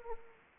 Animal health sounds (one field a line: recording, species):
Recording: mosquito wingbeat signal from an infrared sensor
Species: Anopheles arabiensis